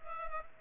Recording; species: mosquito wingbeat signal from an infrared sensor; Culex pipiens